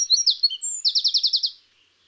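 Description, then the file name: Eurasian wren song, a loud high burst of sharp notes ending in a fast trill of about seven repeated metallic units. "Troglodytes troglodytes"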